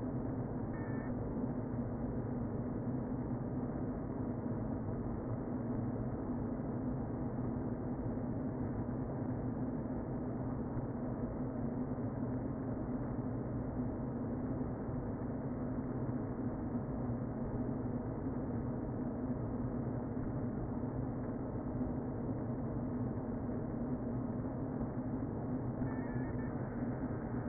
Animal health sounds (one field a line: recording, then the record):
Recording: honeybee colony, microphone inside the hive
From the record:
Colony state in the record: queen present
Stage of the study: before two queens were removed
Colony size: about 60,000 bees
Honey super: yes